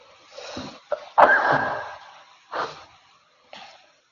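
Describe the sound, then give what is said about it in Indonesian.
A quick inhale, then one sharp, forceful sneeze with a trailing breathy rush, followed by two shorter sniffing breaths. No talking. “Alhamdulillah. Yahdikum al-Islam.”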